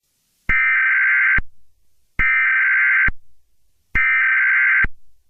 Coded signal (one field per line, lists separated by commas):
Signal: Emergency Alert System (SAME) tones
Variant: header bursts